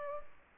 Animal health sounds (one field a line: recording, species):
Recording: mosquito wingbeat signal from an infrared sensor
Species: Aedes aegypti